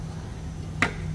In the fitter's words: tumatama na siya doon sa pinakadulo nitong ano ibig sabihin naka Dead na kayo naka-lock